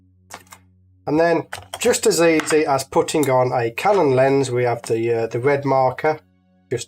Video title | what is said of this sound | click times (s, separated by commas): Pentax k mount adapter - Is it any good? | twist, and that locks in place. | 0.3 s, 0.5 s